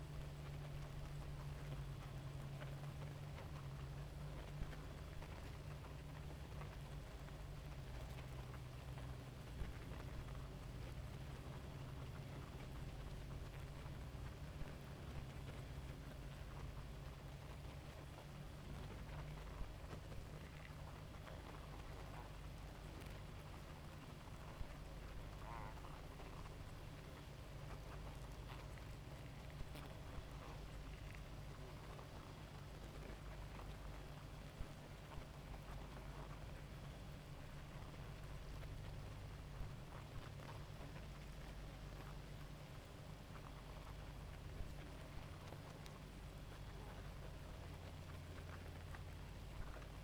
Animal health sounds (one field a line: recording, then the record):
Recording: honeybee colony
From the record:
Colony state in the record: active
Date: 28 July 2017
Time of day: 2:44